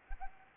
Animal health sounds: mosquito wingbeat signal from an infrared sensor; Anopheles arabiensis

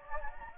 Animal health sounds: mosquito wingbeat signal from an infrared sensor; Anopheles gambiae

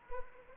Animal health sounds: mosquito wingbeat signal from an infrared sensor; Anopheles arabiensis

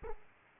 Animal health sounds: mosquito wingbeat signal from an infrared sensor; Aedes aegypti

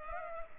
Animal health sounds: mosquito wingbeat signal from an infrared sensor; Culex pipiens

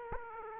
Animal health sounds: mosquito wingbeat signal from an infrared sensor; Aedes aegypti

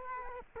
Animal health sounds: mosquito wingbeat signal from an infrared sensor; Culex quinquefasciatus

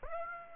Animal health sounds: mosquito wingbeat signal from an infrared sensor; Aedes aegypti

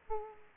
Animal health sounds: mosquito wingbeat signal from an infrared sensor; Aedes aegypti

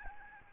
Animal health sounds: mosquito wingbeat signal from an infrared sensor; Aedes albopictus

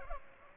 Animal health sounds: mosquito wingbeat signal from an infrared sensor; Culex pipiens

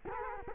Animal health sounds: mosquito wingbeat signal from an infrared sensor; Culex quinquefasciatus

